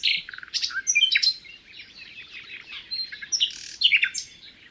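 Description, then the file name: Common nightingale song: rich, varied phrases of whistles, clicks and sharp notes, changing quickly. "rouxinol comum"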